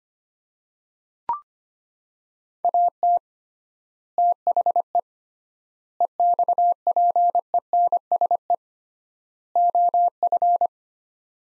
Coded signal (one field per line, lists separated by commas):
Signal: Morse code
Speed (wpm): 25 wpm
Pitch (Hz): 700 Hz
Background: none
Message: AT THE EXPENSE OF